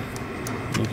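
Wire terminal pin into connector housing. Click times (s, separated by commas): 0.5 s, 0.8 s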